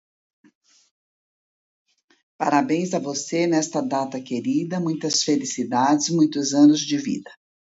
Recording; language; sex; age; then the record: short text; Brazilian Portuguese; female; 60 to 69 years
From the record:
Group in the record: control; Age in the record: 65 years